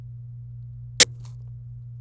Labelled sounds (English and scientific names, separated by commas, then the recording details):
Domestic Canary (Serinus canaria) song
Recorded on 26 April 2018 at 16:13
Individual llb3